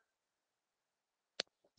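A plastic cap is pressed with enough force onto a pen body, as a demonstration of activation energy, and snaps into place with a sharp click at 1.4 s, followed by a faint second tick near 1.8 s. The cap is seated on the pen.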